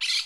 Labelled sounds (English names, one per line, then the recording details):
Brown-throated Parakeet contact call
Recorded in Curacao
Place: Hoffi Jan Thiel
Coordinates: 12.094, -68.877